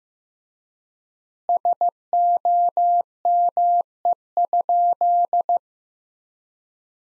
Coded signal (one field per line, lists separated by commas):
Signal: Morse code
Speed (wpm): 16 wpm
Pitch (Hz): 700 Hz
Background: none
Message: SOME?